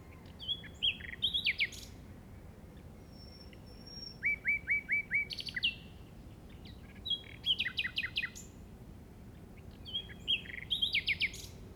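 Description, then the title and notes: Common nightingale song: rich phrases of whistles, clicks and rapid repeated notes, with a run of falling whistled notes, the phrases separated by short pauses. Recorded in the Llobregat Delta at 06:00 on 8 May 2015 with a Zoom recorder. "Grabación de ruiseñor común (Luscinia megarhynchos) en el Delta del Llobregat a las 06:00 del 08/05/2015."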